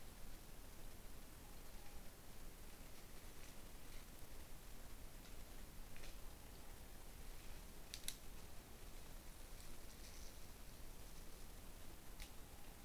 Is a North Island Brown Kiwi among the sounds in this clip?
no